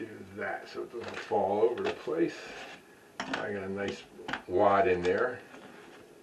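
Someone talks while handling a static grass applicator canister that has been filled with grass fibres, with light handling sounds between the words. The canister's lid has not yet been closed and locked, so nothing has seated or clicked yet.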